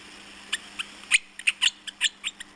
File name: Willy Wagtail